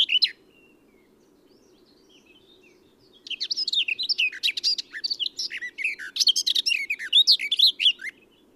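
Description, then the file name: Eurasian blackcap song: a short opening burst, a pause, then a long rapid warble of scratchy and fluty notes, with a faint steady low hum underneath. "Sylvia atricapilla"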